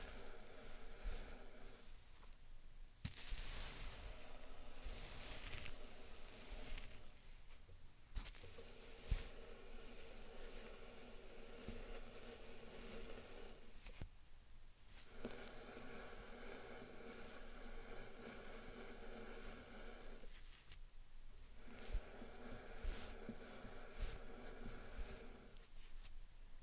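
Slime and sand triggers make dense, crackling, squishy textures in repeating passes, with brief quiet pauses near 2, 8, 14 and 21 seconds.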